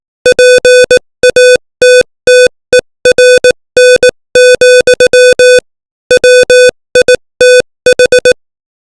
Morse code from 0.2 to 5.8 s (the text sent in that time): PATTERN,